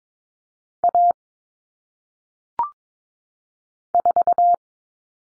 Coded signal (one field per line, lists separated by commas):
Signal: Morse code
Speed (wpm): 22 wpm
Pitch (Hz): 700 Hz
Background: none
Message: A 4